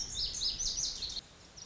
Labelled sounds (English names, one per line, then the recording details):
Lazuli Bunting
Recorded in Sonoma County, California